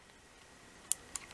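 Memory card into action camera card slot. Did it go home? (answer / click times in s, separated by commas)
yes / 0.9 s, 1.2 s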